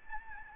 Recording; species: mosquito wingbeat signal from an infrared sensor; Aedes albopictus